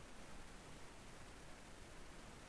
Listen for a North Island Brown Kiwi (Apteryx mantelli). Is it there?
no